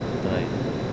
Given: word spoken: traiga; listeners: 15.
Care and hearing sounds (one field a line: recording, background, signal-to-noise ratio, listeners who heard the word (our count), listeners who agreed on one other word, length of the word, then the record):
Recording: one Spanish word in noise, from a listening test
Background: speech-shaped noise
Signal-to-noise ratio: -4.7 dB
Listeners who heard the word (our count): 0 of 15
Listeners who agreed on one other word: 6 of 15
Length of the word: 0.53 s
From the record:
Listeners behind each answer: 6, 3, 2, 1, 1, 1, 1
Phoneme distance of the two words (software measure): 24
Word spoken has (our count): 2 syllables, 6 phonemes, stress on syllable 1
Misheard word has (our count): 2 syllables, 4 phonemes, stress on syllable 1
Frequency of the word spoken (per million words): 2.70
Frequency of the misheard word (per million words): 26.07